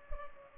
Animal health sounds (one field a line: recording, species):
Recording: mosquito wingbeat signal from an infrared sensor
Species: Culex pipiens